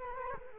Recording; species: mosquito wingbeat signal from an infrared sensor; Culex quinquefasciatus